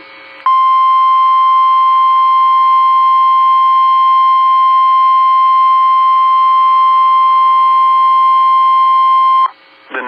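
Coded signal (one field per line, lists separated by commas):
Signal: Emergency Alert System (SAME) tones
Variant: 1050 Hz attention tone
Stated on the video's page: Tornado Watch received live from NOAA Weather Radio station KGG95 Winona, MN.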